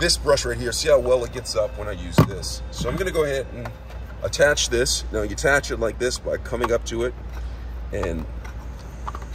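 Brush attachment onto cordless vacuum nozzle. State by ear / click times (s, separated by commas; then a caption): seated / 9.1 s. A plastic brush attachment is pushed onto the end of a Dyson V10 Animal cordless stick vacuum, used for vacuuming inside a car, while someone talks. A sharp click at 9.1 s marks the attachment seating into place, followed by a couple of smaller clicks.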